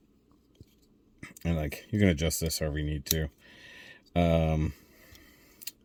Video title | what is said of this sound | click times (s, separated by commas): BANDAI Hyakuju Sentai Gaoranger SMP GaoIcarus MODEL KIT | so and then like his little little mouse sort of Clicks in place there | 0.5 s